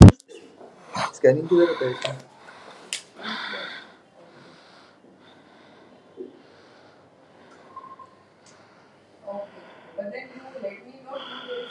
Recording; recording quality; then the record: shallow breathing; excellent, no background noise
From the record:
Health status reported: COVID-19 positive, no symptoms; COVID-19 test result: positive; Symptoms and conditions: none ticked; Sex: male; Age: 30 years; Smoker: not ticked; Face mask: not worn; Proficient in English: yes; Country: India